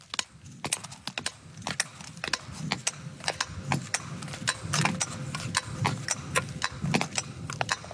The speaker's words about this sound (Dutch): het typische schaatsgeluid. En dat blijkt een belangrijke rol te spelen op weg naar succes.